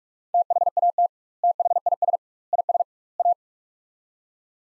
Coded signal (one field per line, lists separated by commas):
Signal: Morse code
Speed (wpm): 46 wpm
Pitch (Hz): 700 Hz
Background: none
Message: THAT THIS IS A